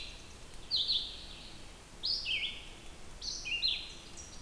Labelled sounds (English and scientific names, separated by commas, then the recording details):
Red-eyed Vireo (Vireo olivaceus) song
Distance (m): 15 m
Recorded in boreal forest in Alberta, Canada, on 2 June 2016 at 08:10
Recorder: SongMeter 3, array SBT-3-7
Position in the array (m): 104 m, 126 m